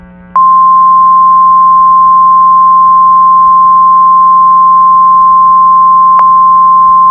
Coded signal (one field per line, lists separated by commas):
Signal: Emergency Alert System (SAME) tones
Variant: 1050 Hz attention tone